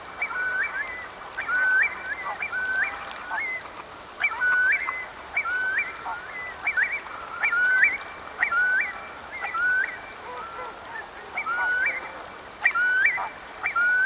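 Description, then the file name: Eurasian curlew calls: a long series of upslurred whistles repeated about once a second against a soft background hiss. "nagy-póling-hangja"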